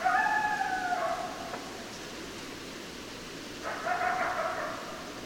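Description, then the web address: Coyote gives a long falling howl lasting over a second, then a rougher burst later, against steady hiss. Several coyotes, recorded 10 December 2012. "sounds mammals Coyote 2012 12 10 Coyotes"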